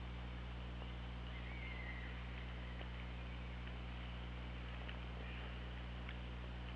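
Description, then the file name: Killer whale call: one short, smooth tonal call that falls slightly, with scattered faint clicks, over a constant low mechanical hum and hiss. Underwater hydrophone recording from OrcaLab, made 24 August 2017 at 15:12. "Orca Lab UTLN JASON 20170824 151258"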